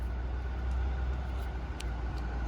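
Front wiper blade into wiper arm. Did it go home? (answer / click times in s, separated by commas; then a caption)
yes / 1.8 s. On an Opel Crossland, a new front wiper blade's adapter is pushed into its seat on the metal wiper arm and snaps in with a short, sharp click at 1.8 s. The click sits over steady low vehicle and traffic rumble, and the blade is seated.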